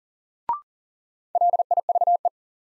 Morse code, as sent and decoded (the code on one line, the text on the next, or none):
.-.. .. ...- .
LIVE